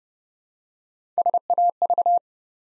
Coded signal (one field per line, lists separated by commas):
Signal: Morse code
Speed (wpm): 30 wpm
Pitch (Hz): 700 Hz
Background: none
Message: SAV